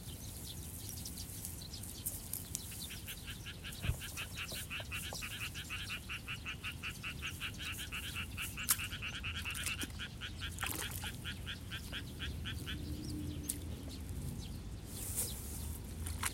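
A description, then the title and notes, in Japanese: Sparrows chatter busily over rice paddy water while seedlings are pulled from a flooded nursery bed. A fast, regular run of chirps repeats from about two to thirteen seconds, with sharp splashes and clicks scattered throughout over a steady low rumble. 水苗代でイネの苗取り。昔ながらの方法で、田んぼに直接籾種をまいて育てる「水苗代」から、育った苗を１本１本抜いてワラでまとめて束にしていきます。田んぼの水面の音、賑やかに鳴き続けるスズメ、時折聞こえるカエルの声。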